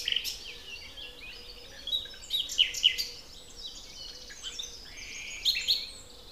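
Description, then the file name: Common nightingale giving short phrases of sharp chips and trills at intervals. "Luscinia megarhynchos"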